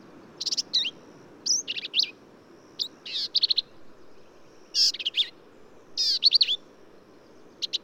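Black-capped Vireo singing choppy, scratchy phrases with slurred and warbled notes, varied from phrase to phrase, with short gaps between.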